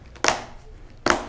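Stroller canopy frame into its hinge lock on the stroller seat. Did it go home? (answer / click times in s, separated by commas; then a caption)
yes / 0.3 s, 1.1 s. The folding fabric canopy (visor) of a Sweet Baby Cupola baby stroller is raised, and its frame locks into the hinge lock on the stroller seat. It moves down silently but clicks when raised: two sharp, loud clicks ring out at 0.3 s and 1.1 s as the canopy locks into its raised position.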